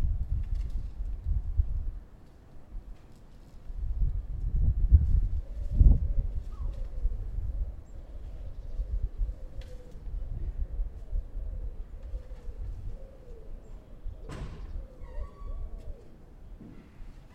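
Tree removal work in a built-up area, heard as a steady low rumble with heavier surges near the start and around five to six seconds, where a couple of sharp knocks land. A sharp crack comes near fourteen seconds, with brief bird chirps afterward.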